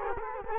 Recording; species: mosquito wingbeat signal from an infrared sensor; Culex quinquefasciatus